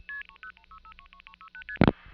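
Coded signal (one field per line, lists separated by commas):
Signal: multi-frequency trunk signalling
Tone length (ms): 80 ms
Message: 306 36ST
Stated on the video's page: Old telephone network signalling: 4A revertive pulsing on a short long-distance call from New York City to New Jersey.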